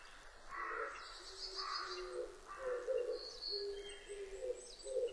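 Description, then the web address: Oriental turtle dove giving low, hoarse cooing notes in a rhythmic phrase, with other birds' brighter chirps and whistles mixed in above. Recorded on 19 April 2005. "2005 050419 kijibato"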